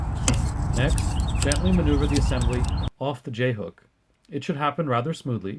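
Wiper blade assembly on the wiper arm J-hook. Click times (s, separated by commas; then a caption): 0.3 s. On a 2017 Acura MDX front passenger wiper, the wiper blade assembly is slid down the J-hook of the wiper arm with its locking flap lifted (pried with a screwdriver covered in a paper towel) until it clicks into the release position so it can be taken off the hook. A single sharp click sounds at 0.3 s over steady background noise, and then someone talks. The assembly is released on the J-hook.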